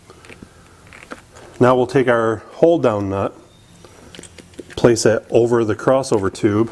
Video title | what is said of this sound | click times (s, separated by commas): Dodge Cummins 5.9 Fuel Injector Installation | you'll be able to feel this as it wiggles into place and it clicks into place there | 1.1 s